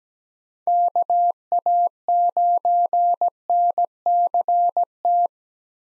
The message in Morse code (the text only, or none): KA9NCT